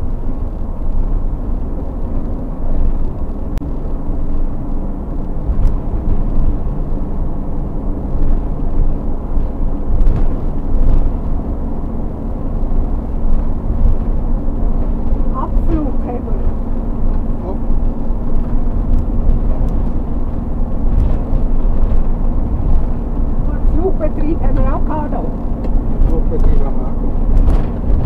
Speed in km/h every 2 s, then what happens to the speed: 75, 74, 74, 75, 75, 77, 79, 79, 81, 81, 81, 81, 81, 81.
0-28 speeds up to 81.